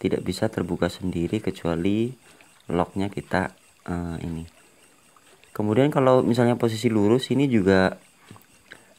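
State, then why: Seated. Someone talks while the blade of a Deli folding saw is swung out to the straight position. The lock in the handle engages automatically with a sharp click at 8.7 s, and the blade locks open.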